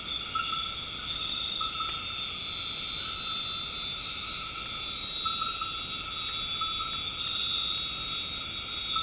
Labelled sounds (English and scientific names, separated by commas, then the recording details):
none
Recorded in dense forest near Puerto Asís, Putumayo, Colombia, on 24 March 2025 at 21:30
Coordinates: 0.485, -76.318
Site G056